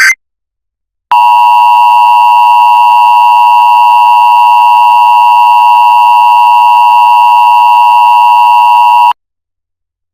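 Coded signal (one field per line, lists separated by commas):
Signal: Emergency Alert System (SAME) tones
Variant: 853 and 960 Hz attention tone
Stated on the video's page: Simulated EAS alert tones in a fictional invasion scenario, with frames skipped.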